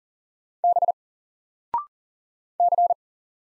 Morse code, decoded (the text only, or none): B C